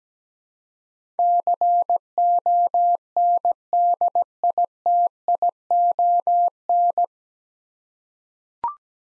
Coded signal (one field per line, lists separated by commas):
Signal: Morse code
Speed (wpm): 17 wpm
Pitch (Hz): 700 Hz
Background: none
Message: CONDITION